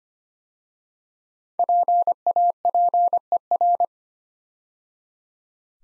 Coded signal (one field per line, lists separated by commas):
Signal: Morse code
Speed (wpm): 25 wpm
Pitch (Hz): 700 Hz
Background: none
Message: PAPER